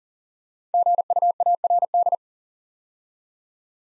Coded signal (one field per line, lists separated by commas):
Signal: Morse code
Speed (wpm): 39 wpm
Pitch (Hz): 700 Hz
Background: none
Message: GUARD